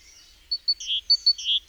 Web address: SETE Parus major